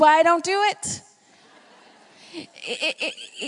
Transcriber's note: laughter